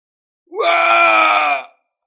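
A man voicing the character Hoàng Kim Vương in the story Già Thiên lets out one loud, drawn-out, mournful scream of agony that swoops upward at the start and then holds a strained, steady pitch for over a second before cutting off.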